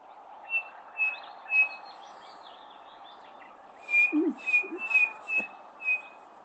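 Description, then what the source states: Chinspot Batis calling, two runs of clear whistled notes on one pitch about half a second apart, with a few low clucking sounds early in the second run. Played example; very similar to the Cape Batis but slightly higher in tone, with a slightly more descending pitch.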